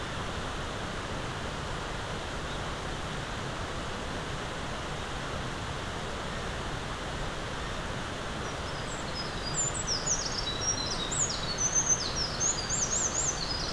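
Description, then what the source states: Eurasian wren song starting late: a quick run of very high, clipped notes and trills over several seconds, nearly buried in a steady roaring hiss. Recorded 20 April 2026.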